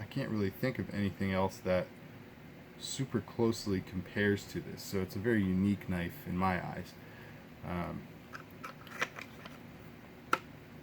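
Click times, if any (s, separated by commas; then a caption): 10.3 s. Someone talks while a large fixed-blade ESEE Junglas knife is pushed back into its molded kydex sheath, with faint handling ticks around 8.9 to 9.5 seconds. The sheath's retention detent gives a sharp click at 10.3 seconds as the blade seats, with no rattle and no play.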